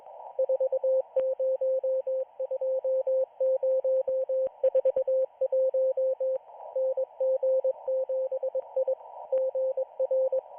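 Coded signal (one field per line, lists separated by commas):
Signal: Morse code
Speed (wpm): 21 wpm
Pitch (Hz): 520 Hz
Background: radio noise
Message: 402041 NG7I GR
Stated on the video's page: Israeli Navy radio station broadcasting daily Morse radiograms to its correspondents on the 40-meter band.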